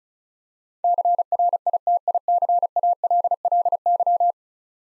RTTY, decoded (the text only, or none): none